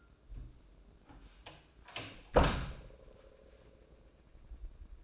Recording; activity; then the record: daily activity, microphone in the room; close door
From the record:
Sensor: 2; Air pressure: 1012.2 hPa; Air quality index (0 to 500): 162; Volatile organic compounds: 2 ppm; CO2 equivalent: 1185 ppm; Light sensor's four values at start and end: 350/872/354/369 and 357/891/362/377